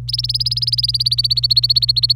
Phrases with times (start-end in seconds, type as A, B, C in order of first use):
0.08-2.13 A